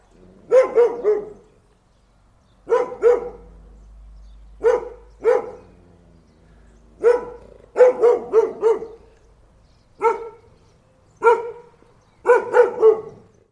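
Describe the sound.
Dog giving bursts of one to four gruff barks at uneven intervals, with a faint low hum between some of the bursts.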